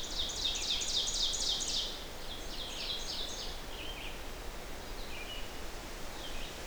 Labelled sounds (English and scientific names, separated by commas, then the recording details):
Red-eyed Vireo (Vireo olivaceus) song
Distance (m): 70 m
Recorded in boreal forest in Alberta, Canada, on 12 June 2016 at 07:31
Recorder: SongMeter 3, array SBT-3-18
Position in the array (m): 205 m, 111 m